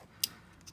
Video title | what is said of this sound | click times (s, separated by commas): 2011 Seadoo GTX 215 4tec voltage regulator install with new ends | you hear them click and they're locked | 0.2 s, 0.6 s